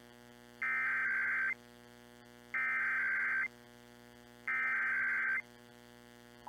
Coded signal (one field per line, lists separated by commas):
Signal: Emergency Alert System (SAME) tones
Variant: header bursts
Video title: EAS Required Monthly/Weekly Test Minnesota NOAA Weather Radio/FM +SeaTTY/WeatherSTAR4000